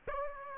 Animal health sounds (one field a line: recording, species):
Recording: mosquito wingbeat signal from an infrared sensor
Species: Aedes aegypti